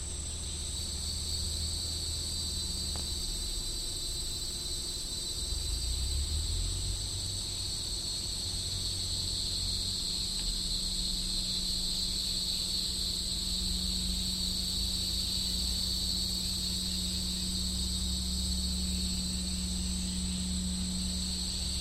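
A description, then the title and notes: A steady, bright cicada drone rings through all 22 seconds, joined by a low engine hum that rises and falls in the background. Hieroglyphic Cicada-shreveport by Christie Mullen.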